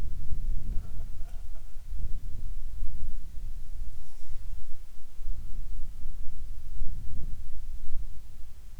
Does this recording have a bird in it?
no